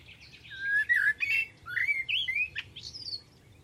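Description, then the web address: Bird song of varied whistled and chirped notes, sliding and warbling phrases in quick succession, with short pauses between bursts. "cianscape birddata Deverinetal 2025 Bird Only Tu Me"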